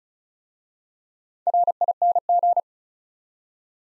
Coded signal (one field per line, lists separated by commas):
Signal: Morse code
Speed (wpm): 36 wpm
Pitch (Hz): 700 Hz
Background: none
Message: RING